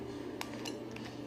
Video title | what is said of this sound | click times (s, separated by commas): What's a carrier oil ? | put the top on and just keep turning and turning till you hear sometimes a little click and that is actually what will tighten it in | 0.4 s